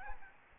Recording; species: mosquito wingbeat signal from an infrared sensor; Aedes albopictus